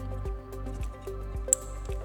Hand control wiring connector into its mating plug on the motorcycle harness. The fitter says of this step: push it until you hear a little click.